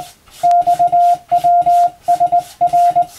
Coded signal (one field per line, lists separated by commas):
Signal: Morse code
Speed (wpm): 22 wpm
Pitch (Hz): 700 Hz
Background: none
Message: XWSR